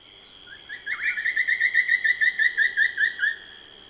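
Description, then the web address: Buff-throated woodcreeper song: a rapid, evenly paced string of many loud whistled notes, rising at the start. "chants xiphorhynchus guttatus"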